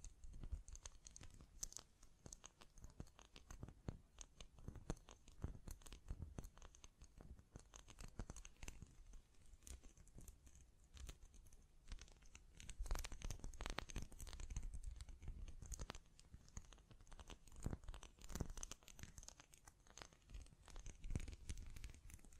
Tapping, Scratching, Mic Brushing, Hand Sounds